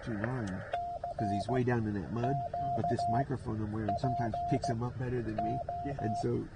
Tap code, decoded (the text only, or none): none